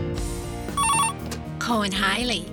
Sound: phone ringing